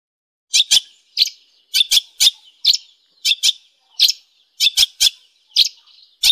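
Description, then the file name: Long-tailed shrike: grating, squawky notes, often in pairs, repeated with brief pauses, no other sounds. Master song for training songbirds. "cendet-master -omkicau"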